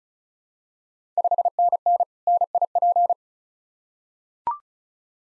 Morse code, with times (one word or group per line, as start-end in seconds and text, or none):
1.2-2.0 5NN
2.3-3.1 NIP